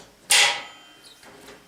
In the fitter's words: and snap into place and lock.